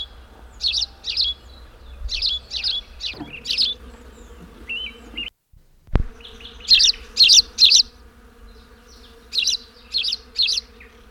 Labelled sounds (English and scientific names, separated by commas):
Spanish Sparrow (Passer hispaniolensis) call